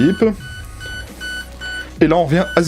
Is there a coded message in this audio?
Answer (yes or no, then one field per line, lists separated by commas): no